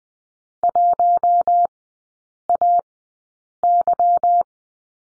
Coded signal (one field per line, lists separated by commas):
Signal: Morse code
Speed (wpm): 20 wpm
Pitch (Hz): 700 Hz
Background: none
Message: 1AY